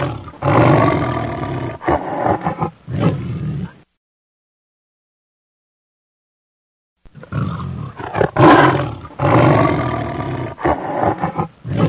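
Lion giving harsh, throaty roars in a broken series, pausing for roughly three seconds of silence, then roaring again with strong, sustained grunting bursts.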